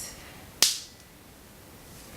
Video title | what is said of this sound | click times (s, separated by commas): Clip On Bang How To Make It From Scratch | you can hear them snapping so | 0.6 s